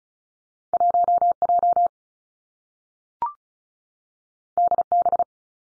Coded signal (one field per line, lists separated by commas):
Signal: Morse code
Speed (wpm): 36 wpm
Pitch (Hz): 700 Hz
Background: none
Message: 1 J D B